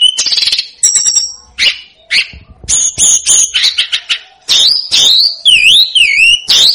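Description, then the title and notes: Snowy-browed flycatcher song: sharp high chirps mixed with wavering, looping whistles that dip and rise. Masteran recording made for training cage birds; local Indonesian names tledekan gunung and sikatan gunung. "Masteran Tledekan Gunung Sikatan Gunung. BURUNG TLEDEKAN"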